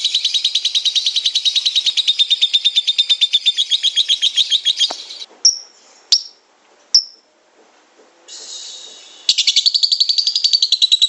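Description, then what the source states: Lovebird with a fast buzzy trill lasting five seconds, then a few short sharp chirps and a pause before the rapid chattering resumes. Pet lovebird's long ngekek trilling song, used as a master recording to train other birds to sing and to prompt them (kicau pancingan).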